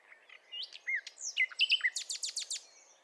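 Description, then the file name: Common nightingale producing a varied phrase of slurred whistles that ends in a run of five rapid, sharp descending strokes. "Luscinia megarhynchos"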